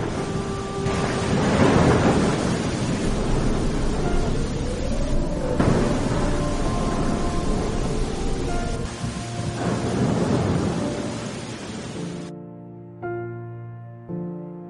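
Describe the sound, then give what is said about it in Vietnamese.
Steady, dense rain hisses throughout while deep thunder rumbles swell and roll twice, then the storm cuts off abruptly and gives way to a clear, sustained tonal melody. “Nhưng rất nhanh, tiếng mưa than khóc và từng trận sấm rền đã làm đắm chìm tất cả, chẳng còn lại gì.”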